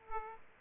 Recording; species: mosquito wingbeat signal from an infrared sensor; Aedes aegypti